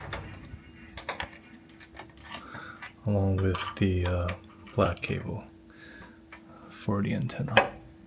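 The black antenna cable connector is handled at a cashless payment reader unit, with short clicks and handling taps while someone talks. The clip ends before the connector goes home, and nothing has seated or clicked yet.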